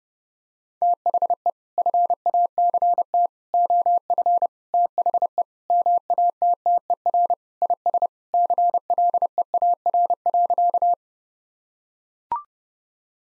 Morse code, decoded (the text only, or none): THE FACT OF THE MATTER IS CLEAR.